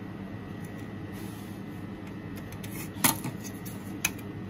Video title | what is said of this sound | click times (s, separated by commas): Car Android Stereo Frame Locks - Car stereo frame Clamps - Car Frame Clips | ठीक है, तो ये लॉक हो गया। | 4.1 s